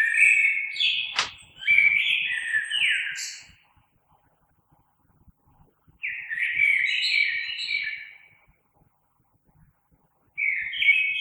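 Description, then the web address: Common blackbird song, with fluty warbled phrases separated by pauses, some with high twitters, and a sharp click near the start. Recorded 3 March 2020. "oiseaux Merle 2020 03 03"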